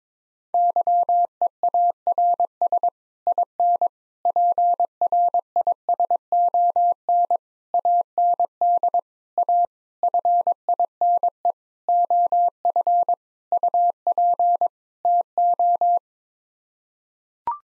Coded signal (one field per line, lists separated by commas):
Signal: Morse code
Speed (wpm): 22 wpm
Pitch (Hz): 700 Hz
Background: none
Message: YEARS IN PRISON AND A FINE OF UP TO